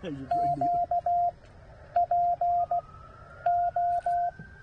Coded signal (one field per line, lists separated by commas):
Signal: Morse code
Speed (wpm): 16 wpm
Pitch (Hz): 700 Hz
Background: speech, radio noise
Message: QPO